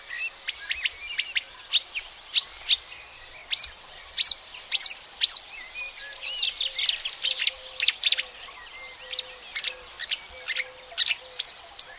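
Marsh warbler song of crisp, high chips and brief trills, around two notes a second with louder varied bursts in the middle; a soft low hum underneath.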